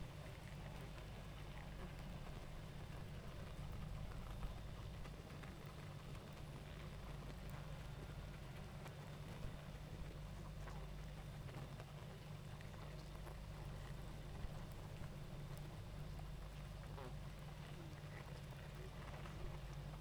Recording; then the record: honeybee colony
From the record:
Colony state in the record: active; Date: 28 July 2017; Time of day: 19:17